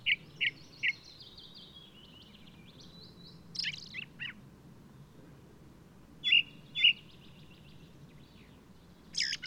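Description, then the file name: Ring ouzel song: three evenly spaced piping notes, a thin wavering trill, then scratchy strokes and two loud clear notes, above a soft constant background rumble. Singing male of the alpine subspecies alpestris, recorded 22 May 2018 at Důl Bílého Labe in the Krkonoše mountains, Czech Republic. "180522 BIO rouz-alpestris-1-M-S cz dul-bileho-labe"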